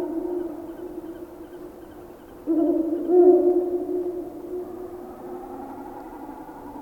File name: Digiffects Sound Effects Library - Ural Owl Whooing